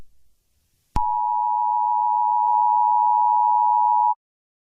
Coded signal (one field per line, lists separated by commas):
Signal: Emergency Alert System (SAME) tones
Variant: 853 and 960 Hz attention tone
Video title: Eas scenario - something bad will happen soon PART 1